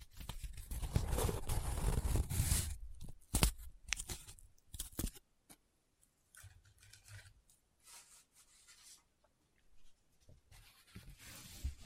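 Close-up paper handling: a dense, loud rustle and crinkle fills the first three seconds. Sharp crackling snaps follow around three to five seconds, then softer scratching and rubbing come in short patches with quiet gaps, swelling again near the end.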